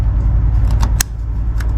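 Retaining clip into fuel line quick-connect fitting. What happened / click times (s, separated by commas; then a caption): The retaining clip snapped into place / 1.0 s. A retaining clip is pushed into a fuel line quick-connect fitting on a Camaro, with a few faint ticks around 0.7–0.8 s over a steady low hum. A sharp, loud snap rings out at 1.0 s, followed by one more light tick near 1.6 s. The clip snaps in and is seated.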